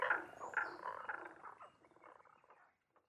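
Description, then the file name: Tago's brown frog croaks, a few quick rough notes loud at first, then fading into softer chatter and near silence. Recorded 11 June 2010 at 18:05. "tagogaeru-20100611-1805"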